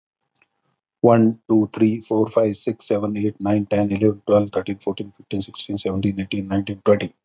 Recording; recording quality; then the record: counting at a fast pace; excellent, no background noise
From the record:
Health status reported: healthy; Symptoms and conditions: hypertension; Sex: male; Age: 51 years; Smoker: not ticked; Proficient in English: yes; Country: India